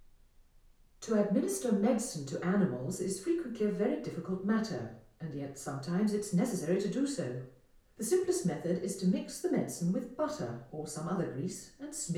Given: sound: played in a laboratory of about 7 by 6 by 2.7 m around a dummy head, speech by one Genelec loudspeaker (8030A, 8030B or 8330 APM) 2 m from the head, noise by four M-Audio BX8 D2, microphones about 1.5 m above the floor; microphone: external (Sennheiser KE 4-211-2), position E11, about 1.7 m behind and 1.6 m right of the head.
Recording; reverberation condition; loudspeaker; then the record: female speech in English; medium; 30 degrees to the left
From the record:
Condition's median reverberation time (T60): about 510 ms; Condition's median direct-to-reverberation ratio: about -0.5 dB